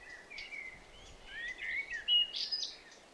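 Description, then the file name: Eurasian blackcap song: quiet scratchy warbling that builds into a few louder, clear whistled notes, then fades, over steady background hiss. "Sylvia atricapilla"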